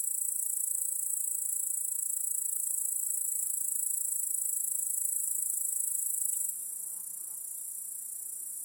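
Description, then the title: A chorus of crickets trills high and constant, dropping abruptly to a quieter level after about six seconds. Cricket chorus in a backyard at night. "Crickets in Your Backyard 🏡"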